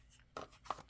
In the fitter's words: and the same thing you can hear the Kydex click